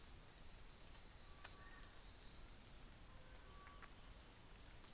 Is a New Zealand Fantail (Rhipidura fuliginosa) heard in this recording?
no